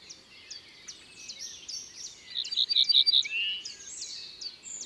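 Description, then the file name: Ortolan bunting song, a bright phrase of a few ringing notes midway, set against busy high chirping from other birds. Drôme, France. "Bruant ortolan Concerts Naturels de la Drome Studio les Trois Becs"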